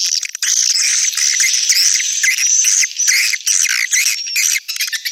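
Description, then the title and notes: Swiftlet twittering, a busy high chatter of squeaky chirps and thin whistled notes, dipping briefly before picking up again. Swiftlet sound used in swiftlet farming in Asia. "Swiflet Bird Sound. Farming Swiflet Bird asia sound"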